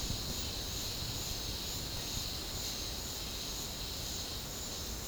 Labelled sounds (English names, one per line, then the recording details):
none
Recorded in pastures near Puerto Asís, Putumayo, Colombia, on 29 June 2025 at 09:30
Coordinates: 0.496, -76.326
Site GP01